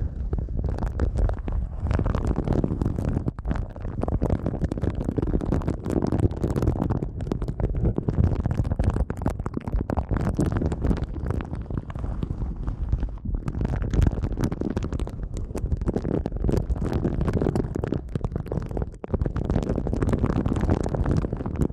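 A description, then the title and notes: Muffled rubbing and massaging, as if over the ear, with a dense low rumble throughout. Quick scratchy strokes and crackles repeat every fraction of a second without pause, and no voice is heard. ASMR Sensitive Eardrum Massage for People Who Can’t Tingle (No Talking).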